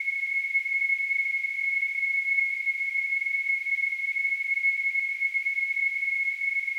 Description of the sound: Tinnitus.